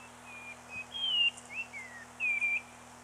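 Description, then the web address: Bird whistles long clear notes, one flat then sliding, a short falling slur, and a final warbled whistle, with a low steady hum behind. "birdsong 25 05 94 gularis 18 XII"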